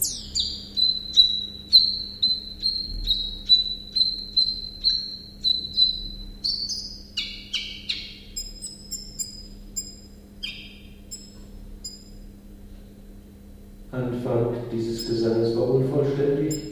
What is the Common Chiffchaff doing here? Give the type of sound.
song